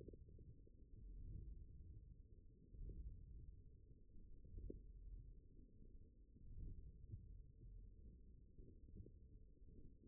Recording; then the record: forearm muscle sounds (acoustic myography)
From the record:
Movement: wrist flexion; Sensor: system 1, eight BSWA MPA416 microphones around the upper forearm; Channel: 7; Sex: male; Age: 42 years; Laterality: right